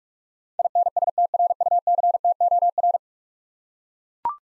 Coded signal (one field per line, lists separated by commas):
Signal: Morse code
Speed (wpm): 41 wpm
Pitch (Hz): 700 Hz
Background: none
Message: INSTRUCTOR